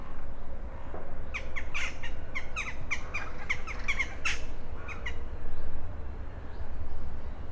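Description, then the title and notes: Rook caws: a burst of harsh, rasping calls from several birds overlapping for a few seconds, then a few weaker calls, over a steady low rumble. Rooks over the Oder at Psie Pole, Wrocław (GPS 51.132998, 17.046448), near the city canal opposite the old grain elevator, 17:30; Sony PCM-D50 recorder, Rode NT4 microphone, FEL BMA preamplifier. "Gawrony nad Odrą Lokalizacja: Psie Pole Czas: 17.30. Nagrane w Poblizu Kanału Miejskiego - na przeciw starego elewatora zbożowego. Gawrony, odległy sygnał pociągu , przejeżdżające rowery. Autor nagrania: Bartosz Grzyb"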